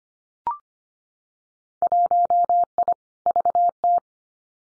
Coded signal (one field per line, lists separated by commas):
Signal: Morse code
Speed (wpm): 25 wpm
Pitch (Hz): 700 Hz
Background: none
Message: 1I VT